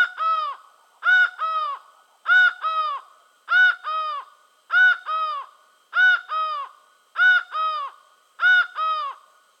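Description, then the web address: Laughing falcon calling in steady paired notes, each couplet hoarse and ringing, seven couplets repeated roughly every 1.2 seconds with quiet gaps between. Recorded in Venezuela. "Birds of the Amazon. Laughing Falcon (Herpetotheres cachinnans), Venezuela"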